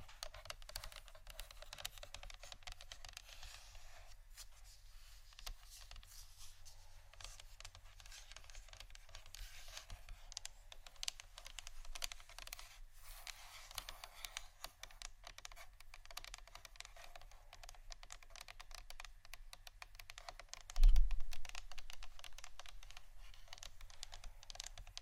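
Tapping and scratching on plastic bottles makes a dense, steady stream of quick, bright clicks and rasping scrapes throughout. A low rumble sits underneath, and a single louder thump lands near the twenty-one second mark before the clicking carries on.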